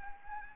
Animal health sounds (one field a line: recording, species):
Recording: mosquito wingbeat signal from an infrared sensor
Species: Anopheles gambiae